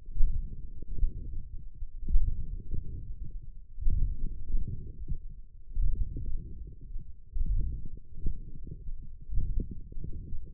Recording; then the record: forearm muscle sounds (acoustic myography)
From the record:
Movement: forearm pronation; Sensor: system 1, eight BSWA MPA416 microphones around the upper forearm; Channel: 4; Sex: male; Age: 21 years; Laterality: right